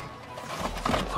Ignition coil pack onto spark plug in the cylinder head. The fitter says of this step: you hear it click look